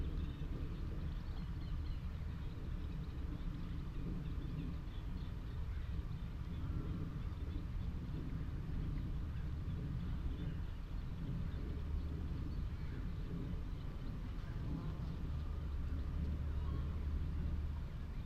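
Higham Marshes sound steady under a constant low rumble like a far aircraft or traffic, with faint bird chirps scattered above throughout.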